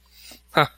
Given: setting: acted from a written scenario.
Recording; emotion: vocal sound without words; contempt